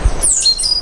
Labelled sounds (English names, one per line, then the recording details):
Stitchbird song
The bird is a male
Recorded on Tiritiri Matangi Island, New Zealand, in 2005
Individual 12, of nest box 16